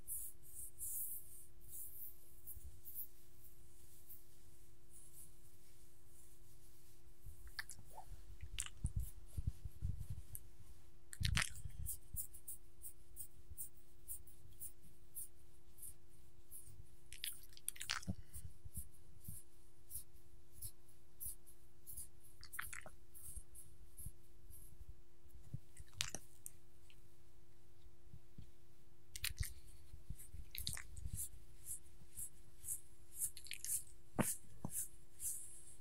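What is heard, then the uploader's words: Petting a dog: soft, steady scratching and rubbing runs throughout, with frequent sharp crackly bursts and clicks, dense in stretches around 8–12 and 29–33 seconds. A constant low hum sits underneath, with occasional wet, chewing-like thumps. ASMR Petting My Dog - Scratching, Licking, and Eating Sounds.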